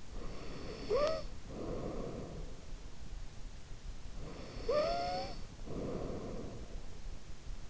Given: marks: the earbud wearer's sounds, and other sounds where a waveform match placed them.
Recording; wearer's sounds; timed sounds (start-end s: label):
sounds in sleep by an in-ear microphone; snoring breath
0.00-2.75 s: snoring breath
3.94-6.83 s: snoring breath